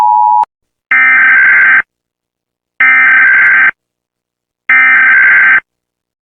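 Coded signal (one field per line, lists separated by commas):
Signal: Emergency Alert System (SAME) tones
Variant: header bursts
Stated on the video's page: Simulated EAS alert about a planet-killer asteroid.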